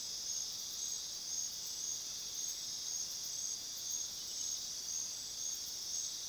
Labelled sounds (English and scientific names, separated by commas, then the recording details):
none
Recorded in pastures near Puerto Asís, Putumayo, Colombia, on 20 February 2024 at 23:30
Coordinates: 0.497, -76.327
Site G7276